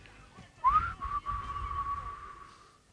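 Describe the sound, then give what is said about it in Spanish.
A person whistles a song melody in a whistling competition, sliding up into a sustained, fairly loud tone and then holding a few steady, slightly shifting notes for about two seconds over a low background rumble. “Sí, y competencia de silbidos,”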